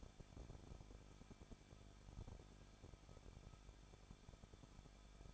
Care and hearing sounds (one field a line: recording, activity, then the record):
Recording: daily activity, microphone in the room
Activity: no activity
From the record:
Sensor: 5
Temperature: 20.7 degrees Celsius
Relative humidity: 38.7%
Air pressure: 1006.5 hPa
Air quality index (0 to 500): 193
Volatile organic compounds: 21 ppm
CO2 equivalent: 2725 ppm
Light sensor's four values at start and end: 2/3/1/1 and 2/3/1/1